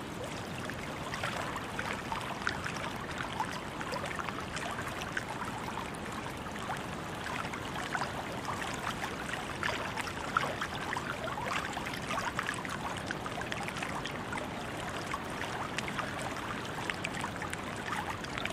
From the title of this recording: Greece Water Sounds